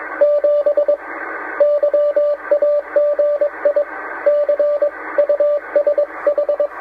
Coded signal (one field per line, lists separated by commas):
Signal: Morse code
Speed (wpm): 21 wpm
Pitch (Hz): 580 Hz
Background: radio noise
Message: 7 YAGI C USH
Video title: Listening To Morse Code On 10M... What Did He Say?